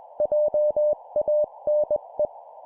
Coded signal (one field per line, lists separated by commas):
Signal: Morse code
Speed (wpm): 21 wpm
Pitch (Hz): 600 Hz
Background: none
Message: JANE